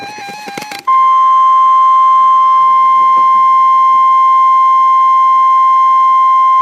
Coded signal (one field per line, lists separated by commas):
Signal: Emergency Alert System (SAME) tones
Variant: 1050 Hz attention tone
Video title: Severe Thunderstorm Warning on 2 Stations (EAS #1210-1211)